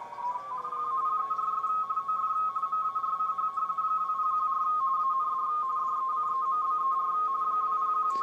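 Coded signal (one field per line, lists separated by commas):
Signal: RTTY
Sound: rapid warbling between two close tones, steady and continuous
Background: receiver hum and static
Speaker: bouncing up and down is when I am achieving a tune on one of either mark or space but not the other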